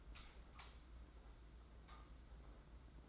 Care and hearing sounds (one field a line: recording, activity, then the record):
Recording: daily activity, microphone in the room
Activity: light on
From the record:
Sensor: 3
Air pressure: 991.9 hPa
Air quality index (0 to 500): 219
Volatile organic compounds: 1000 ppm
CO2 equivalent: 7487 ppm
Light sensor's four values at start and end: 16/37/15/14 and 23/62/26/22